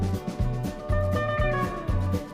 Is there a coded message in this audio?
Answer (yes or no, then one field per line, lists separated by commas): no